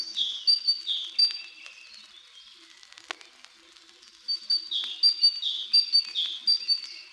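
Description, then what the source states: Great Tit calls: two bursts of ringing, alternating high and lower notes repeated rapidly, separated by a quiet pause of over two seconds. Very ringing voice; the bird does not like to stay silent; some of its calls.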